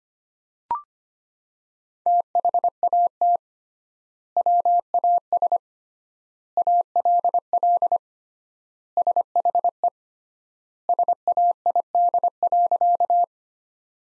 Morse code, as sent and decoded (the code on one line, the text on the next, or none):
- .... .- - / .-- .- ... / .- .-.. .-.. / ... .... . / ... .- .. -.. .-.-.-
THAT WAS ALL SHE SAID.